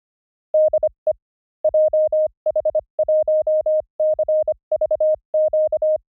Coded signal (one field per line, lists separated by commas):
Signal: Morse code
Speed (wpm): 25 wpm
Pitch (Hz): 620 Hz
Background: none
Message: DE JH1CVQ